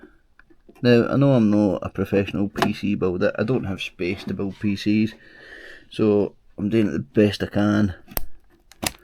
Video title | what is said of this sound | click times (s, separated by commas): Watch Me Save My Wife's Computer From Disaster! | Just push them until they click. | 8.2 s, 8.9 s